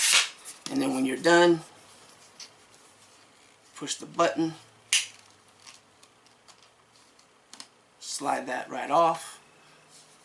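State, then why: Released. Someone talks while pushing the release button on an attachment fitted to the tube of a Greenote GSC40 3-in-1 rechargeable cordless stick vacuum. The button gives a sharp snap at 4.9 s, followed by a few faint clicks and scrapes. The attachment is released and slides off the tube.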